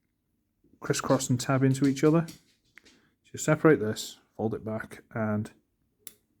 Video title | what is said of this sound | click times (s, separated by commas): Vid 601 Transformers Bumblebee Movie Thrust | it back so it clicks into place | 6.1 s